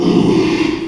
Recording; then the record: squeal of a Yucatan mini pig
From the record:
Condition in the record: after surgery on the right vocal fold (resection and tissue-engineered implant); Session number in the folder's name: 1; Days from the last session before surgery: 6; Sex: male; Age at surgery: 12 weeks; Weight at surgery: 13 kg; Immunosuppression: cyclosporine, prednisolone